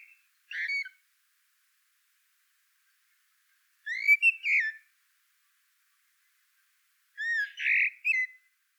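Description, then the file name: Common blackbird song: three short whistled phrases separated by long pauses of two to three seconds, each mellow and warbled with a brief squeaky tail. "Turdus merula"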